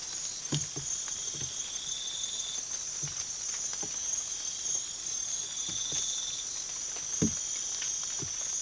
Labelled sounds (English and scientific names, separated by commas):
none